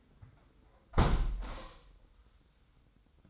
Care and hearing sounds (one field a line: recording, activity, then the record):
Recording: daily activity, microphone in the room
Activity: close window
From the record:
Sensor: 3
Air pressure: 990.3 hPa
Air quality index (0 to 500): 184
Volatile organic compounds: 1000 ppm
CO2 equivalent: 5966 ppm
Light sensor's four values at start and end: 33/79/32/30 and 34/79/32/30